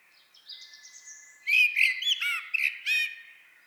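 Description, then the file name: Common blackbird calls: a short high warbled phrase, then loud rasping chuckling notes repeated several times in quick uneven succession. "Turdus merula"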